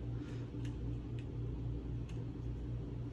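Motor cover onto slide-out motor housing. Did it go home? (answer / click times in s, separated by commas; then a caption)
no / none. A plastic motor cover is lined up over a slide-out motor housing before being snapped home, with faint ticks near 0.7 s and 1.2 s over a steady low hum. Nothing has seated or clicked yet; the cover is only being positioned.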